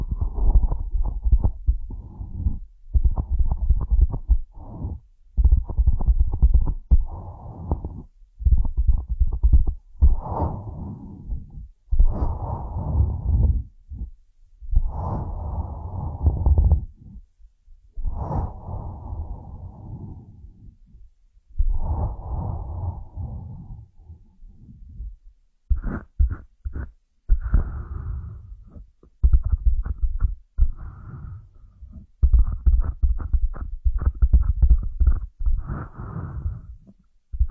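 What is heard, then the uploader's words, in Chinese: An ear massage makes muffled rubbing and thumping strokes in steady bursts of a second or two, separated by short silences. The sound is low and dull throughout, with a few sharper crinkly touches around the middle and later. 按摩耳朵，一些让人放松的声音。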